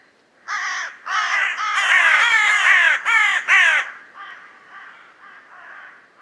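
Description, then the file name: Carrion crow giving a rapid run of five or six harsh, rasping caws almost running together, fading into quieter calls afterwards. "Corvus corone"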